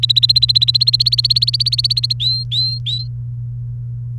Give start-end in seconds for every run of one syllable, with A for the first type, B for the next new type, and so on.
0.00-2.13 A, 2.20-3.07 B